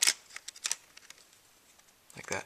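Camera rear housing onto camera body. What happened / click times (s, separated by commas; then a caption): The plastic housing cover snapped into place / 0.0 s. After a replacement LCD is fitted, the plastic rear housing of a digital camera is pressed back onto the camera body and snaps into place with a sharp click at 0.0 s. A few fainter clicks and taps follow over the next second, and someone talks near the end. The housing cover is seated.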